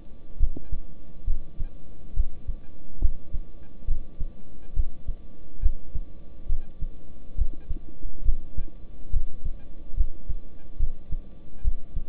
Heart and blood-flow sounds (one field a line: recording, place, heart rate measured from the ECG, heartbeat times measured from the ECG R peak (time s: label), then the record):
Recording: heart sounds by stethoscope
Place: between the tricuspid and mitral areas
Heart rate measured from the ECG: 69 bpm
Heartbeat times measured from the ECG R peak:
0.38 s: heartbeat
1.25 s: heartbeat
2.14 s: heartbeat
2.99 s: heartbeat
3.86 s: heartbeat
4.74 s: heartbeat
5.60 s: heartbeat
6.47 s: heartbeat
7.36 s: heartbeat
8.23 s: heartbeat
9.11 s: heartbeat
9.95 s: heartbeat
10.77 s: heartbeat
11.62 s: heartbeat
From the record:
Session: rest, lying down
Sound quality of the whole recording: good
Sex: male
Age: 26 years